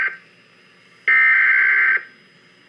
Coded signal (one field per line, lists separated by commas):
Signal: Emergency Alert System (SAME) tones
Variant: header bursts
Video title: EAS 137 Flash Flood Warning